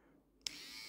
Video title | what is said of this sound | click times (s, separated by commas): numifun nose trimmer unbox, show and tell review | oh wait wait i i didn't click it in properly apparently | 0.5 s